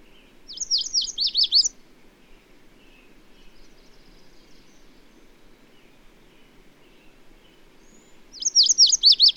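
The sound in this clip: Bird singing two quick bursts of high, sharply slurred notes, one at the start and one at the end, with soft chirps and a low hum in between.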